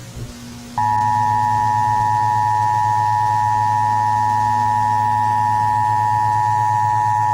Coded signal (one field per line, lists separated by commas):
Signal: Emergency Alert System (SAME) tones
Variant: 853 and 960 Hz attention tone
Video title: [EAS SCENARIO] DANSE MACABRE